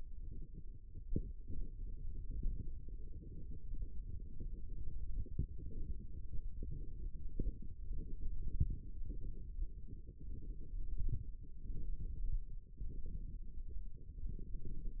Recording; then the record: forearm muscle sounds (acoustic myography)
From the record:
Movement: finger pinch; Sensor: system 1, eight BSWA MPA416 microphones around the upper forearm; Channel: 3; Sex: male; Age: 18 years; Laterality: right